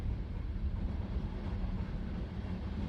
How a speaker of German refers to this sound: sitzt in einem D-Zug-Abteil zwischen Hannover und Göttingen. Ein bisschen Werbung über den Kunstledersitzen. Ein überfüllter Aschenbecher quillt aus der Lehne. Draußen rasen grüne Tupfe.